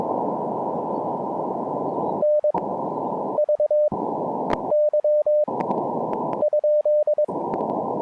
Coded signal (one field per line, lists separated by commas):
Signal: Morse code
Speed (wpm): 22 wpm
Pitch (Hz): 600 Hz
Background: none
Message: NVY ?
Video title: QRP Band Hopping: Two-fer POTA at Parc national des Grands-Jardins